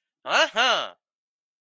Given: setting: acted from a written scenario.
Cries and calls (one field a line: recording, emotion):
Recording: vocal sound without words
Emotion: pride